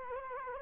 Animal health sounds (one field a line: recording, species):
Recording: mosquito wingbeat signal from an infrared sensor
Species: Culex quinquefasciatus